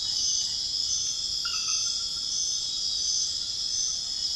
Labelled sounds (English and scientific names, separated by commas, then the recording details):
none
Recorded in dense forest near Puerto Asís, Putumayo, Colombia, on 18 February 2024 at 23:00
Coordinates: 0.502, -76.324
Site G6370